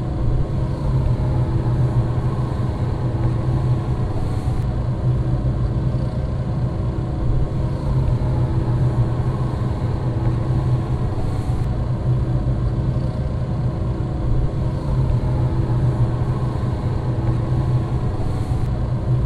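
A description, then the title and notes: Two vents roar in a steady, unbroken drone, heavy in the low end with a deep rumbling hum around its bottom. The sound is dense and constant, like an idling engine, with a faint airy hiss above and slight flutters every few seconds. Two Vents. Vents recorded by Dan Bodah, Fall 2008 & April 2009, Brooklyn NY.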